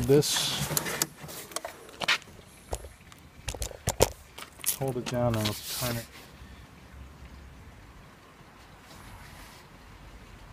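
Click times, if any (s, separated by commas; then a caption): none. A plastic nozzle tube is held down and twisted into the body of a leaf blower while someone talks, with brief plastic knocks and scraping handling sounds through the first six seconds before it goes quiet. The tube feels locked on, but it slides across without any click, and nothing has clicked.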